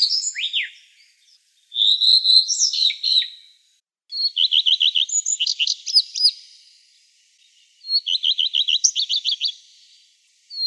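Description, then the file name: Common redstart singing short phrases separated by short pauses. The later phrases open with a rapid run of repeated chipping notes, then end in a varied twittering close. "Phoenicurus phoenicurus"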